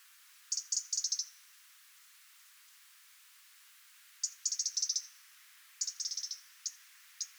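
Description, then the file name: European robin calling with clusters of sharp high ticks, three rattling bursts followed by a couple of isolated clicks. "Erithacus rubecula"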